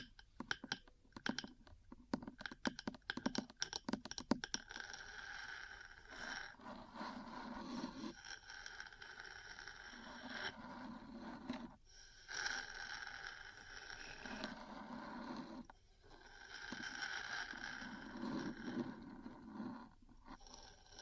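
Metal parts tap in a quick, dense flurry for the first five seconds, then give way to long grinding scratches that swell and pause repeatedly.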